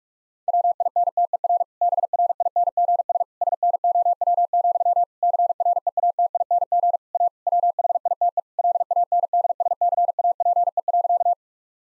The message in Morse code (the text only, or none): WINTER BRINGS SNOW, CREATING A WHITE LANDSCAPE.